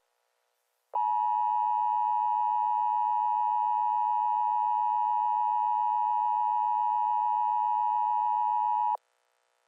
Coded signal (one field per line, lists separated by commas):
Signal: Emergency Alert System (SAME) tones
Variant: 853 and 960 Hz attention tone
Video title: PART 1) EAS Short Scenario 67 : Disastrous Revolution